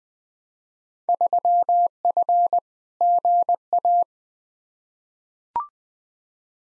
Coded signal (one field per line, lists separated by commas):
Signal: Morse code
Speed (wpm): 20 wpm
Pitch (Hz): 700 Hz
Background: none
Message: 3F GA